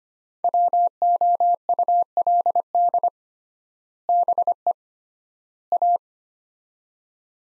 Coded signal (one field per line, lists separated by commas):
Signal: Morse code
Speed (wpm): 25 wpm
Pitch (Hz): 700 Hz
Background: none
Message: WOULD BE A